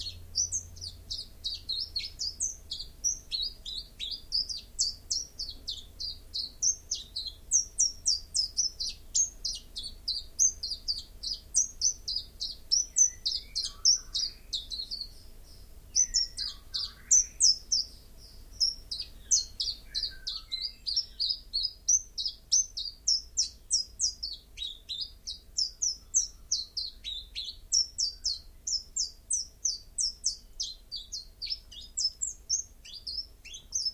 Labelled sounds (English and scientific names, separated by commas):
Common Chiffchaff (Phylloscopus collybita) song